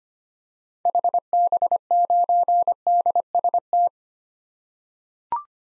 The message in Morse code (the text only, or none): HB9DST